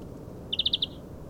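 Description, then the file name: European greenfinch uttering a single brief trill of five rapid, dry notes, with a soft low rumble underneath. "Chloris chloris"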